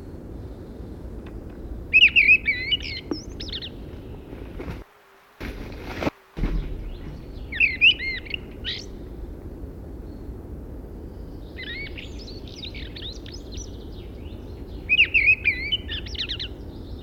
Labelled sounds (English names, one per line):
Fieldfare song